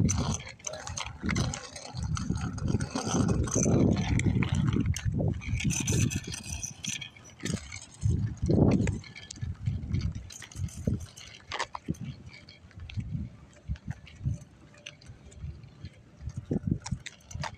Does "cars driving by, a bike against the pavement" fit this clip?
yes